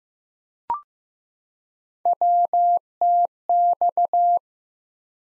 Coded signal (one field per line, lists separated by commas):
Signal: Morse code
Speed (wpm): 15 wpm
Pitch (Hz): 700 Hz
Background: none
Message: WTX